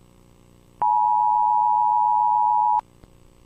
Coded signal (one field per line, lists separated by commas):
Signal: Emergency Alert System (SAME) tones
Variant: 853 and 960 Hz attention tone